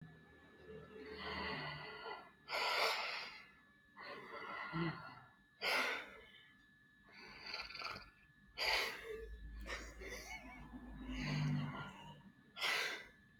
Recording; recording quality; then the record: deep breathing; excellent, no background noise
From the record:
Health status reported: exposed to COVID-19, no respiratory illness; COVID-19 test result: negative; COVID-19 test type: rapid antigen test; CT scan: not taken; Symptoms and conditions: cold, fatigue, muscle pain, diabetes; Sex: male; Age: 52 years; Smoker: no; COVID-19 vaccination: both doses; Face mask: not worn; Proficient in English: yes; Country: India